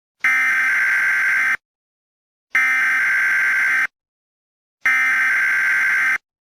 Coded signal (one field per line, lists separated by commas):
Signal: Emergency Alert System (SAME) tones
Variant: header bursts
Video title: The escape of the indoraptor (eas alarm jurassic world s1 ep1)